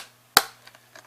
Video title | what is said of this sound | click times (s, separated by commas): Laptop screen replacement / How to replace laptop screen Dell Inspiron 1545 | you can hear it pop | 0.4 s